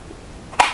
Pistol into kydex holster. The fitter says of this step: you can here you got a real positive click uh and I like that